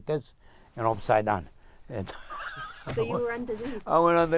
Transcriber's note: laughs